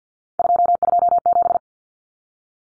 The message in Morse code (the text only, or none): 227